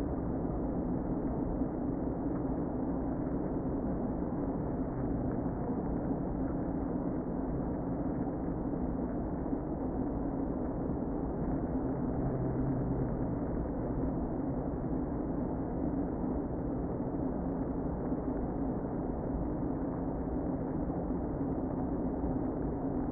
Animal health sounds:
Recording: honeybee colony, microphone inside the hive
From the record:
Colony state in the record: queen present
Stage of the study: before two queens were removed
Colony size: about 60,000 bees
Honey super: yes

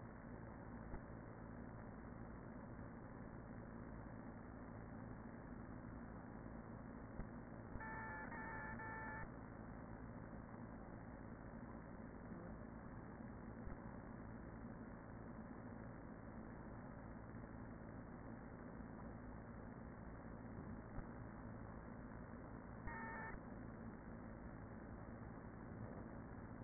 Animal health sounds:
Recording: honeybee colony, microphone inside the hive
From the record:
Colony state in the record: queen present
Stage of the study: after two queens were removed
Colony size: about 40,000 bees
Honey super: no

